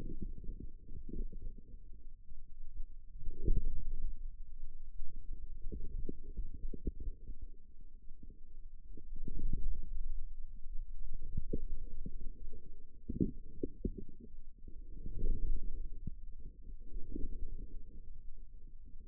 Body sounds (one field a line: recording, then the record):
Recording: forearm muscle sounds (acoustic myography)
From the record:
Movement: outward rotation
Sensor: system 2, bracelet of six BSWA MPA416 microphones around the upper forearm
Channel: 5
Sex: male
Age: 22 years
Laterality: right